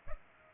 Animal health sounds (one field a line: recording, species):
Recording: mosquito wingbeat signal from an infrared sensor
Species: Culex pipiens